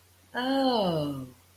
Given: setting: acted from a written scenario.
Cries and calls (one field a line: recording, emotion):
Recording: vocal sound without words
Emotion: realization